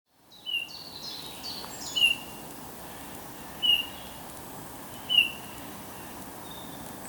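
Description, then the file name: Eurasian bullfinch giving four soft, short piping whistles, with faint high chirps in the background. "Pyrrhula pyrrhula"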